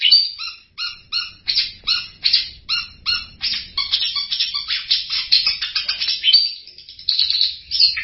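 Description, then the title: Long-tailed shrike sings a string of short, rich chirps with strong harmonics, starting well spaced and then tumbling into a faster, busier chatter. Champion competition songbird. "Kicau Burung Cendet Juara"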